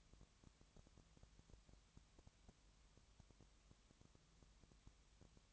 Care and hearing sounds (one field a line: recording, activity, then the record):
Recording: daily activity, microphone in the room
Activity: no activity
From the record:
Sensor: 3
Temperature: 20.6 degrees Celsius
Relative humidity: 34.7%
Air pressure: 1007.2 hPa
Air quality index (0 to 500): 136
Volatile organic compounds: 3 ppm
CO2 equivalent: 1519 ppm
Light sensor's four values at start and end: 2/3/2/2 and 2/3/2/2